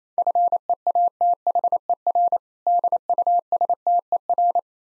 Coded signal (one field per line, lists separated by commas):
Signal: Morse code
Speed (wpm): 28 wpm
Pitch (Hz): 700 Hz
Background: none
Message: FEATHER DUSTER